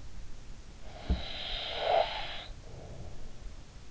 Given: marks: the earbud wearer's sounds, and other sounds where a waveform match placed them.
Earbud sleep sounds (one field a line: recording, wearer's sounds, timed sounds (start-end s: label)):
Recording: sounds in sleep by an in-ear microphone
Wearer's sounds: snoring breath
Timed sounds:
0.15-3.63 s: snoring breath